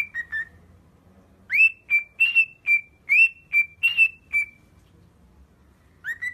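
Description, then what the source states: Cockatiel song of bright whistled notes in several groups, some rising at the start, separated by silent stretches. Cockatiels singing and whistling.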